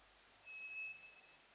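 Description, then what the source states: White's thrush song: a single drawn-out, monotone high whistle that fades slightly toward its close, with a low hum and hiss underneath. Recorded 2 July 2007.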